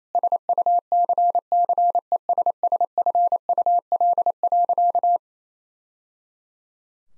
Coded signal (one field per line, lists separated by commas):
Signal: Morse code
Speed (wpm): 27 wpm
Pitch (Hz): 700 Hz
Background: none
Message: SUCCESSFUL.